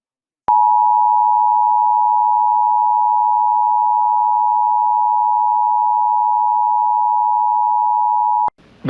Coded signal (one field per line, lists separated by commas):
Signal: Emergency Alert System (SAME) tones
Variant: 853 and 960 Hz attention tone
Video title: EAS Alerts from 9/25/22 [EAS #63-72]